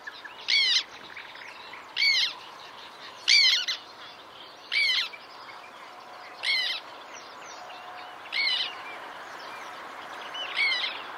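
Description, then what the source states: Black tern giving repeated squeaky, grating calls, roughly every one to two seconds. Squeaking call to listen for at a black tern site.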